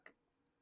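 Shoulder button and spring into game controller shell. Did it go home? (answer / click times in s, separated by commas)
yes / 0.1 s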